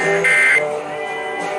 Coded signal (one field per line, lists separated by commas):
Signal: Emergency Alert System (SAME) tones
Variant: end-of-message bursts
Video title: EAS #77-80: 2023 National Periodic Test on KDKA AM, WOVK FM, WRQY FM & Comcast